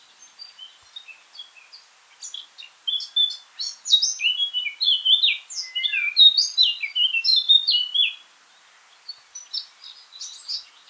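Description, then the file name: Eurasian blackcap song building from soft chips into a loud, fast warbling phrase of clear whistles, ending after about eight seconds, then brief softer notes. "Sylvia atricapilla"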